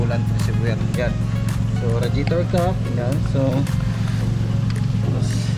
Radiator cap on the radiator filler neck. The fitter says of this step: Medyo hindi naka-lock yung ating regit cap